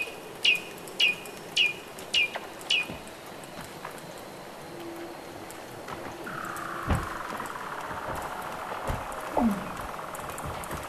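Weddell seal calls: five short high chirps about half a second apart, then a faint long falling tone and a brief low downward sweep.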